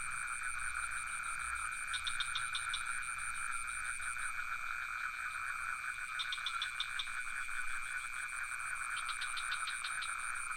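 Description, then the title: Crickets keep up even, high-pitched trills as frogs call in three short bursts of fast clicks spaced several seconds apart. Crickets with some frogs, recorded near the pond in Ubud, Sony PCM D50 with Rode NT4 microphone. "Crickets and frogs in Ubud"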